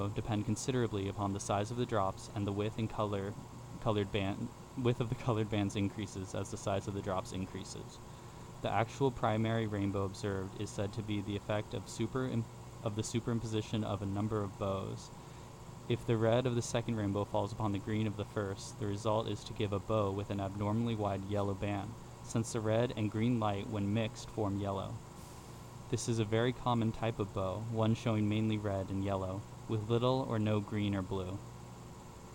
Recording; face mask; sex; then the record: reading aloud; surgical mask; male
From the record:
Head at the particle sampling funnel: facing it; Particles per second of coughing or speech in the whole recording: 0.0224